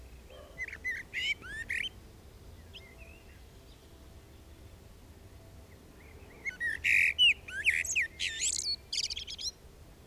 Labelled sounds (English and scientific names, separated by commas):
Common Blackbird (Turdus merula) song